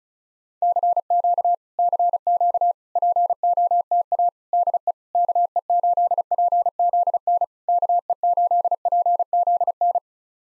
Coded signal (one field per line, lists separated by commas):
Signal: Morse code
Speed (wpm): 36 wpm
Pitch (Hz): 700 Hz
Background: none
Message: CQ CQ POTA DE KE8PZN KE8PZN